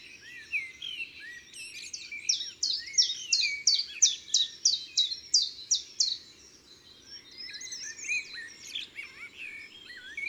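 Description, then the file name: Common chiffchaff gives a rhythmic string of bright, repeated notes for several seconds, with other birds chirping and warbling before and after. Recorded in woods and forests. "Pouillot veloce Chants doiseaux des bois et des forets"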